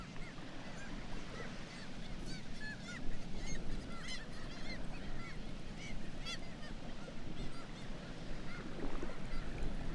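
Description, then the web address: Black-legged kittiwake calls, a steady stream of overlapping nasal cries from many birds, set against strong continuous low roaring noise. "Black legged kittiwake. صدای-پرنده-کاکایی-پاسیاه"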